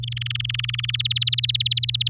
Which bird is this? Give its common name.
Domestic Canary